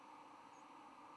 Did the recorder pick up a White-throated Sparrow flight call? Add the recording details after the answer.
no. Another species' flight call is heard. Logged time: 08:45 on 10 November 2014